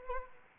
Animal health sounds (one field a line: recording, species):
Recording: mosquito wingbeat signal from an infrared sensor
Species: Anopheles arabiensis